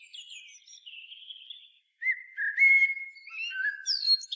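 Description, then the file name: Common blackbird song: soft, drawn-out whistles, a brief pause, then louder flute-like notes and a thin high squeak. "Turdus merula"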